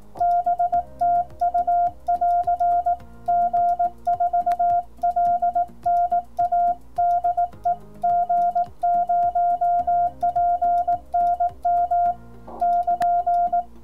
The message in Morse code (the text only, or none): BTU <AR> G4LNA DE G0PNM <KN>